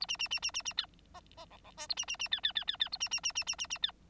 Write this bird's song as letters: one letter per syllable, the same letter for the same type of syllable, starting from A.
A B B B B B B C D D E E F A B B B C C C C C A B B B B B B B C